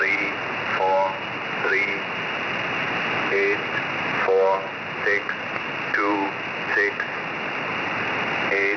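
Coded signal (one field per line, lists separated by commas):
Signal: numbers station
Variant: E06 English Man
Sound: male voice reading single digits, about eight short words, over heavy hiss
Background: radio static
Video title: E06 English Man 26/03/2023 0930 UTC 12093kHz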